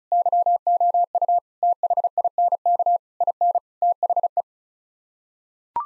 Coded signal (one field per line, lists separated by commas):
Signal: Morse code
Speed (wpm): 34 wpm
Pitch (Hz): 700 Hz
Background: none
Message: YOU THINK IN THE